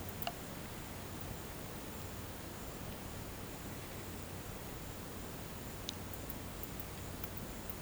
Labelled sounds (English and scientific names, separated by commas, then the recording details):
none
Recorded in pastures near Puerto Asís, Putumayo, Colombia, on 19 March 2025 at 12:00
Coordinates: 0.472, -76.329
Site G074